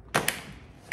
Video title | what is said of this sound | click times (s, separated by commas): Dräger Ray Rebreather - Vintage Diving & Classic Rebreather Design - Vintage Scuba Gear Australia | you go. Click. And that's actually not going anywhere. And really, really secure. | 0.2 s, 0.3 s